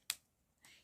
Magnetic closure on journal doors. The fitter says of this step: can you hear it the we snap